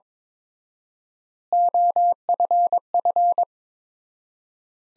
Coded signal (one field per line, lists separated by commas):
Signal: Morse code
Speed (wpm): 22 wpm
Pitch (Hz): 700 Hz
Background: none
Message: OFF